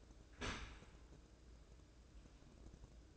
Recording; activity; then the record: daily activity, microphone in the room; open dishwasher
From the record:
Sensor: 2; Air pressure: 1012.2 hPa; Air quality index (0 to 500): 136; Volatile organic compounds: 2 ppm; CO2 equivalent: 1001 ppm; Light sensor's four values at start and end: 295/721/293/297 and 293/718/291/295